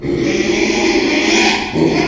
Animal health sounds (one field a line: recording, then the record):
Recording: squeal of a Yucatan mini pig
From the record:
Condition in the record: after surgery on the right vocal fold (resection and tissue-engineered implant)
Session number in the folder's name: 2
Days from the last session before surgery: 13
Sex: male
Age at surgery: 12 weeks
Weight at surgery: 13 kg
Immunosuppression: cyclosporine, prednisolone